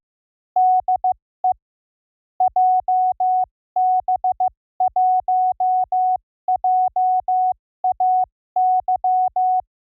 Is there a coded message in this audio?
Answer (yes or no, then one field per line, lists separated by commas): yes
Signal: Morse code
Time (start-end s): 0.6-9.6 s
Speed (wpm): 15 wpm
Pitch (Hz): 740 Hz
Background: none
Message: DE JB1JAY